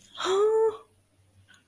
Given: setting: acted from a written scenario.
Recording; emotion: vocal sound without words; disappointment